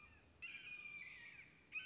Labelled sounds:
Red-shouldered Hawk
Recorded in Sonoma County, California

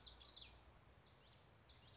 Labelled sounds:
Common Yellowthroat
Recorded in Sonoma County, California

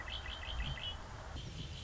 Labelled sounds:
Red-winged Blackbird
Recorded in Sonoma County, California

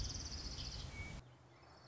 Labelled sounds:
Orange-crowned Warbler
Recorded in Sonoma County, California

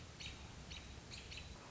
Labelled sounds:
American Robin
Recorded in Sonoma County, California

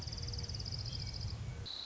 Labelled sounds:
Orange-crowned Warbler
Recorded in Sonoma County, California

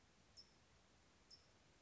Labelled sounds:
California Towhee
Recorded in Sonoma County, California

